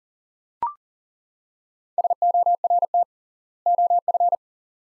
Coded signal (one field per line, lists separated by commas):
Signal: Morse code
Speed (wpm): 40 wpm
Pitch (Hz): 700 Hz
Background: none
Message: SORT OF